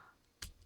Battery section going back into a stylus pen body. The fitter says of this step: and then locks in place place